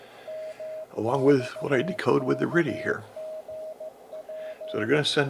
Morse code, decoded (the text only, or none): MXKGP